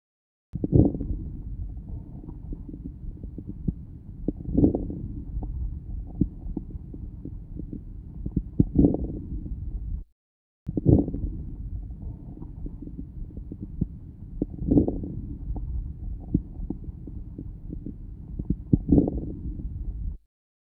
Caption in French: Les crépitants de début d'inspiration. Ils sont peu nombreux et localisés au début de l'inspiration. Ils sont caractéristiques d'une obstruction bronchique sévère.